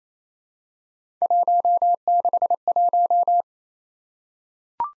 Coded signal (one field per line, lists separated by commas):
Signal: Morse code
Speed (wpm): 28 wpm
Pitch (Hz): 700 Hz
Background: none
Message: 161